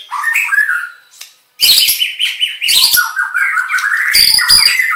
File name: Suara Burung Murai Batu Aceh Variasi Lengkap